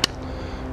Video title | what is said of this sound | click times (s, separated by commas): REVIEW: SMK XS38 / XISICO XS46U Air Rifle | all the way back to until you hear the click | 0.0 s